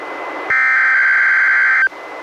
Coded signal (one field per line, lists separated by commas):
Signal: Emergency Alert System (SAME) tones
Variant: header bursts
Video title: EAS #416-417: 2 NWR Required Weekly Tests- Aug. 19-26, 2020